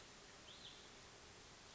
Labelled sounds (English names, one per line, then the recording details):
Hutton's Vireo
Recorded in Sonoma County, California